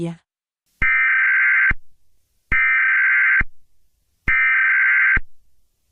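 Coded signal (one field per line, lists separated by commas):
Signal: Emergency Alert System (SAME) tones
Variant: header bursts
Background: speech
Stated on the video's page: Fictional EAS scenario based on a Jurassic Park novel, horror-themed.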